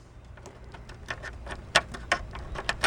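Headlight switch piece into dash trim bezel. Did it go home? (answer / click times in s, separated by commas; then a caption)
yes / 1.8 s, 2.1 s. A plastic headlight switch piece is pushed into the dash trim bezel of a 2006 GM Envoy, Trailblazer, Isuzu Ascender or Buick Rainier, with its small notch at the bottom lined up. After a run of soft ticks and rustling, two sharp plastic snaps ring out at 1.8 s and 2.1 s, followed by lighter clicks. The switch piece is seated, snapped into the bezel.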